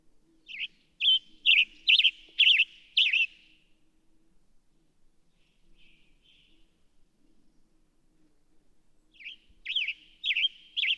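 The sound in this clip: Western tanager song: a loud, burry phrase of four or five hoarse, robin-like notes, a soft trailing note, then a pause before another burst of burry notes near the end.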